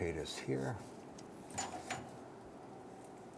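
Someone talks while a plastic lock collar is handled and rotated onto the fuel line fitting at the tank during a fuel pump replacement on a 1994-2004 Ford Mustang. Brief, sharp handling sounds come at about 1.6 and 1.9 seconds. Nothing has seated or clicked yet.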